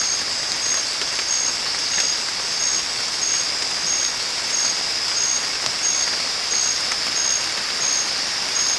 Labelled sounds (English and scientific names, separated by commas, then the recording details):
none
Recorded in secondary vegetation near Puerto Asís, Putumayo, Colombia, on 19 March 2025 at 23:00
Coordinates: 0.502, -76.326
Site G100